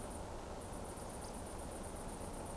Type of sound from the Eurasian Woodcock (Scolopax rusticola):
whistle